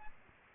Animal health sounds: mosquito wingbeat signal from an infrared sensor; Aedes aegypti

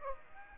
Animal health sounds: mosquito wingbeat signal from an infrared sensor; Aedes aegypti

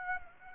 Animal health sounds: mosquito wingbeat signal from an infrared sensor; Aedes aegypti

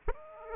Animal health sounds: mosquito wingbeat signal from an infrared sensor; Aedes aegypti

